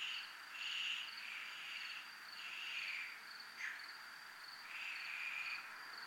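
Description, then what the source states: Crickets trill steadily and high, with repeated broader buzzy swells and a short sharp note in the middle. Crickets recorded in a military zone.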